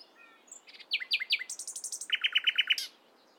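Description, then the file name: Common nightingale song phrase: soft whistled notes, then three loud downslurred notes, a fast buzzy series and a run of six rapid repeated chips. "Luscinia megarhynchos"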